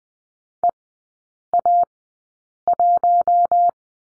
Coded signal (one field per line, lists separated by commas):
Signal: Morse code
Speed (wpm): 20 wpm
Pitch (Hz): 700 Hz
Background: none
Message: EA1